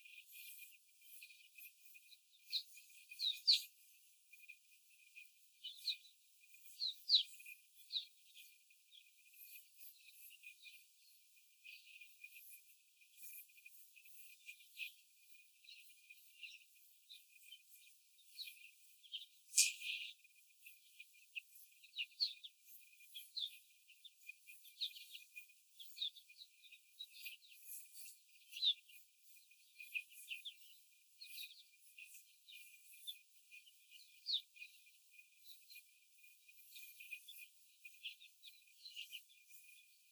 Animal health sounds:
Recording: young laying hens in a cage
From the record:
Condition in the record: before the stressor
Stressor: simulated dog barking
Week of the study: 4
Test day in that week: 1

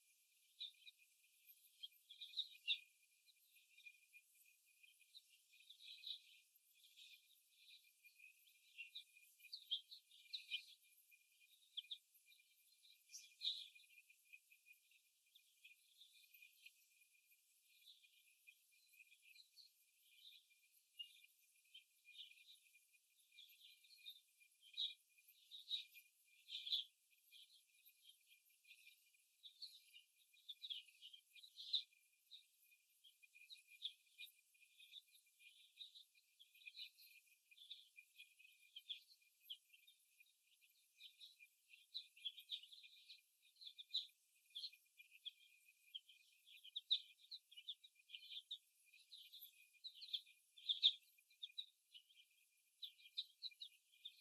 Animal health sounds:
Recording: young laying hens in a cage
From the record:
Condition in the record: after the stressor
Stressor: simulated dog barking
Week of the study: 1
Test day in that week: 1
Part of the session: 2

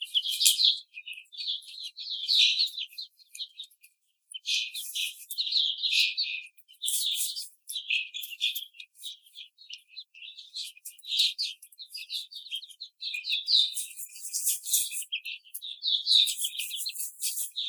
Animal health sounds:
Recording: young laying hens in a cage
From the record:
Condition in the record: treatment cage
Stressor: simulated dog barking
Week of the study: 5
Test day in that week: 1

